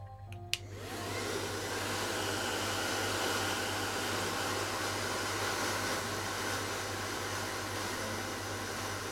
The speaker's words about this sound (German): Jetzt drehen wir dich auf links und föhnen dein Fell.